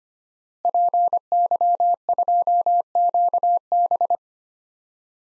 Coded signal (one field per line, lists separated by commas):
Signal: Morse code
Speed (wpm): 25 wpm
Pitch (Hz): 700 Hz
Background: none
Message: PY2QB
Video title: DXCC-100 Call Signs - 5 Character Repeated 2x - 25wpm